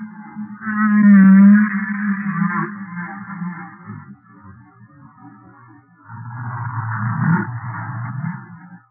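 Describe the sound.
Humpback whale song: a loud tonal moan fading into a quieter stretch, then a low, gravelly, pulsing rumble.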